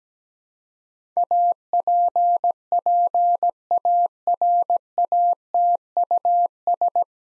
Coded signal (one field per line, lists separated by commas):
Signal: Morse code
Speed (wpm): 17 wpm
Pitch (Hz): 700 Hz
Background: none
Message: APPARATUS